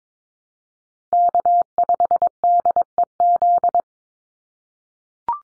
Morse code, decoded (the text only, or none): K5DEZ